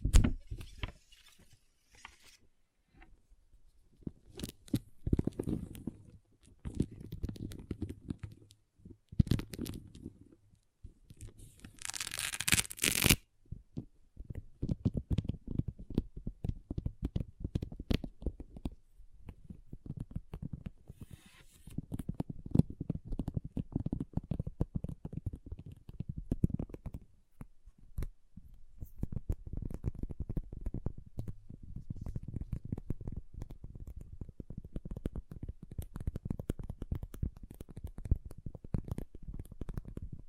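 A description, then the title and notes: Small pixel art beads are handled and stirred, making a dense, irregular patter of tiny clicks and rattles that comes in bursts and brief pauses. A short, sharp, bright rush of beads stands out around the 12-second mark, then steady rummaging continues. ASMR Relaxing Pixel Art Beads ( No Talking).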